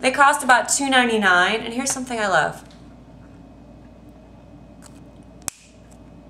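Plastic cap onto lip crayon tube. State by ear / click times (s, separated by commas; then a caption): seated / 5.5 s. Someone talks for the first two and a half seconds, then after a quiet pause a plastic cap is pressed onto a lip crayon tube. It snaps shut with a sharp, bright click at 5.5 seconds, confirming the cap is closed.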